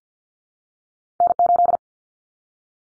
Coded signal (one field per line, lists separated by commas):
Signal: Morse code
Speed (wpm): 50 wpm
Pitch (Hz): 700 Hz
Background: none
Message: N8